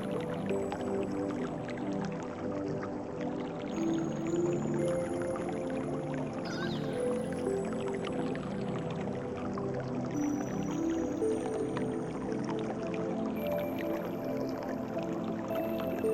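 Soft sustained musical tones hum steadily over a dense, unbroken wash of trickling water, with occasional brief higher notes drifting through.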